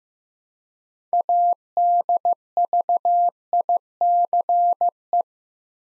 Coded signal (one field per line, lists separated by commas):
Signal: Morse code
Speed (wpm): 15 wpm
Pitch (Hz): 700 Hz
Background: none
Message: ADVICE